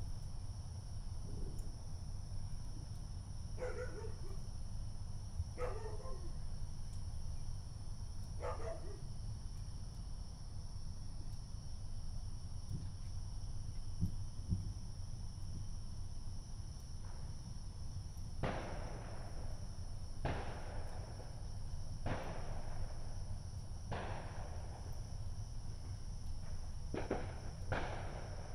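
Neighborhood fireworks crack in scattered bursts, thickening after about eighteen seconds, over a steady low traffic rumble and a constant high insect whine.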